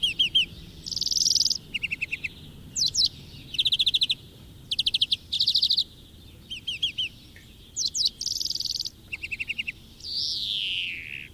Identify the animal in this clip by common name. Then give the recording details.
European Greenfinch. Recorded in the wild. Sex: male. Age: adult. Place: Erlangen, Wehneltstraße, Bayern, DE. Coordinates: 49.5781, 11.0028. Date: 1964-04-09. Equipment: Vollspur. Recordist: Tretzel, Erwin